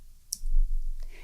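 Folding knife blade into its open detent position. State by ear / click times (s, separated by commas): seated / 0.3 s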